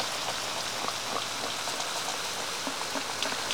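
Steady rain falls in a dense, even hiss, with scattered drops pattering on a surface throughout. No voices, just a constant wash of rainfall at moderate volume.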